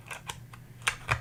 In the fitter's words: twists on locks in place and ice snap-on there's like a push to release so it actually locked in there